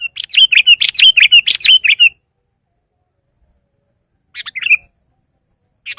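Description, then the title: Sooty-headed bulbul song: rapid bubbly, burry notes repeated in a quick run for two seconds, then a pause and a shorter chattering phrase, with one more note at the end. "kutilang"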